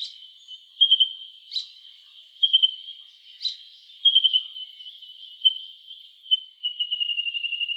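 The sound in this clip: White-throated honeyeater calls: spaced high sharp notes and short piping phrases, ending in a fast even run of thin notes, against a quiet background.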